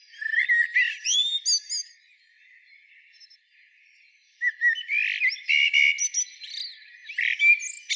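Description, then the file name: Common blackbird song: fluty phrases with squeaky twitters, then a quiet gap of over two seconds, then a longer run of warbling and chatter. "Turdus merula"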